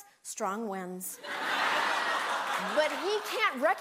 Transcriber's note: laughter